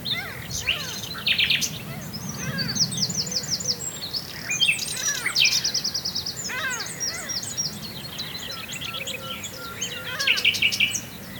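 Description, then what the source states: Common nightingale in full song: fast repeated note series, whistled slurs and rattling trills following each other quickly. Recorded at Swale.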